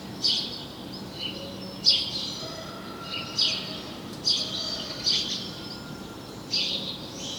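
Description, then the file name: House sparrow calling with several scattered bright chirps at irregular intervals, against constant background noise. "Passer domesticus"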